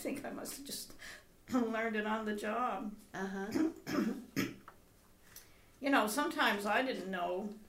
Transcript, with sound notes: I think I must have just learned it on the job.
Uh-huh.
[Clears throat] You know, sometimes I didn't know.